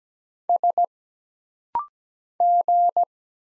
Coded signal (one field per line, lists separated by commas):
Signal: Morse code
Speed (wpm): 17 wpm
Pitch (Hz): 700 Hz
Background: none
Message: S G